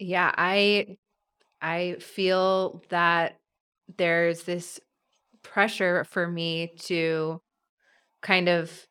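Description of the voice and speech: An adult woman speaks in short voiced bursts broken by long silent pauses, with drawn-out sounds and blocks typical of stuttering. Her stuttering has persisted into adulthood and is consistent, though not on every word.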